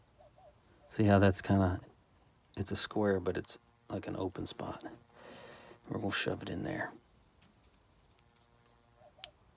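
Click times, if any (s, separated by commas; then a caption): 9.2 s. A crimped wire terminal with a gray and black wire, terminal number 2, is pushed into its square cavity in a transmission wiring connector plug while someone talks. After a quiet stretch with faint ticks, a sharp, brief click at 9.2 s marks the terminal locking into the plug.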